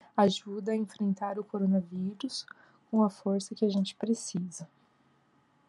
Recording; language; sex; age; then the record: spoken sentence; Brazilian Portuguese; female; 30 to 39 years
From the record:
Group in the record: control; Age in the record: 36 years